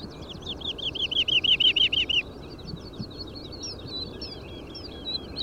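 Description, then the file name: Woodlark song: a fast run of about a dozen clear, arching fluting notes over about two seconds, followed by softer, scattered slurred whistles. Nominate subspecies Lullula arborea arborea. "Boomleeuwerik Lullula arborea arborea"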